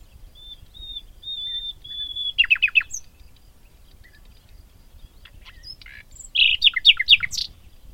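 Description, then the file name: Common nightingale song: a row of soft drawn-out whistles, then a short rapid burst of repeated notes, silence, and another loud fast rattling phrase. "Luscinia megarhynchos"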